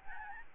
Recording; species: mosquito wingbeat signal from an infrared sensor; Aedes albopictus